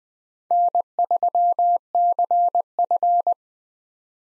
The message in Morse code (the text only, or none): N3CF